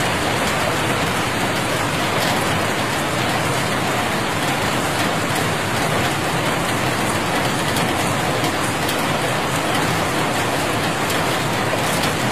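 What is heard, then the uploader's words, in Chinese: Rain falls steadily and densely, a continuous hiss of countless drops with no pauses or build-ups across the twelve seconds. The sound is fairly bright, with faint fine patter of drops striking a surface and a soft low rumble underneath. 听着下雨的声音。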